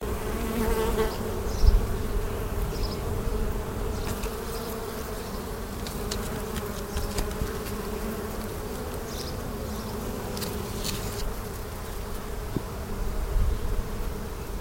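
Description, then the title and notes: Bees buzzing, a dense steady drone of many wings that never pauses, with scattered faint clicks and rustles over the hum. Thousands of bees swarming about inside a wall. "Tausende Bienen schwirren in dieser Wand umher"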